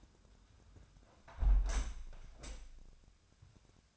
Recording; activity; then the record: daily activity, microphone in the room; close window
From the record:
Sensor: 2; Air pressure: 1006.2 hPa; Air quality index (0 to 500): 180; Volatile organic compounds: 9 ppm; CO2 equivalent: 2183 ppm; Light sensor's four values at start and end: 8/20/8/8 and 8/19/8/8